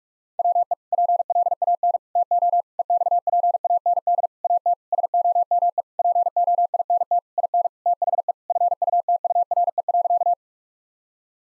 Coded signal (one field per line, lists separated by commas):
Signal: Morse code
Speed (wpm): 46 wpm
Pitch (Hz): 700 Hz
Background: none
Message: WE PLAN TO EXPAND AT SOME POINT IN THE FUTURE.